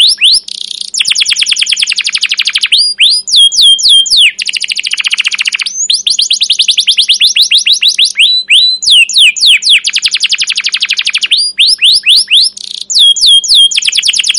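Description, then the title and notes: Canary song, continuous and dense: rapid rattling trills and runs of sweeping chirps repeated in quick succession, with a faint steady hum underneath. Long, persistent, emotive chirping 'cuit cuit' rolling canary song, used as a lure and as a tutor for young canaries learning to sing. "CUIT CUIT NGEROL LANGSUNG GACOR PANJANG Kenari Ini Utk Pancingan KENAR. PANCINGAN Kenari GACOR PANJANG Cuit CUIT EMOSI ini utk MASTERAN Kenari PAUD belajar BUNYI. burung kenari"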